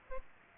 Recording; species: mosquito wingbeat signal from an infrared sensor; Aedes aegypti